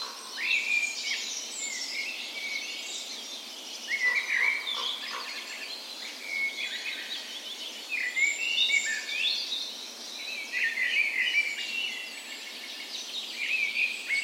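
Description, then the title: Dense chorus of songbirds at dawn, a mix of trilled phrases, sharp chirps and sweet whistles overlapping without pause, with a softer low warble at times. Spring dawn chorus recorded on the morning of 17 May, Norway's National Day, in a park west in Bergen, Norway; Sony PCM A10 recorder with LOM micro Usi microphones as tree ears. "17th Of May Dawn Chorus"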